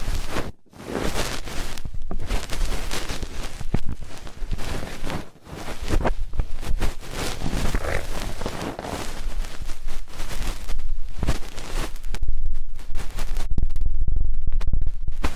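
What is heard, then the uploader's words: Ear cleaning sounds run through the whole clip as a dense, scratchy rustle with rapid crackling detail across low and bright ranges. Brief near-silent gaps fall around one and five seconds, and the rubbing grows louder and harsher toward the end. ASMR Intense Electrifying Ear Cleaning.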